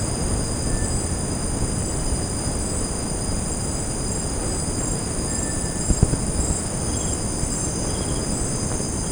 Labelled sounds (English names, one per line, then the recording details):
Cinereous Tinamou
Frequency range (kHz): Cinereous Tinamou 1.2-2.1 kHz
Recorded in secondary vegetation near Puerto Asís, Putumayo, Colombia, on 19 March 2025 at 18:00
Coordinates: 0.481, -76.318
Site G097